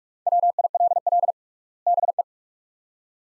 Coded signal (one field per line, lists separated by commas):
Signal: Morse code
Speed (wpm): 41 wpm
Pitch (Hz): 700 Hz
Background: none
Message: WILL BE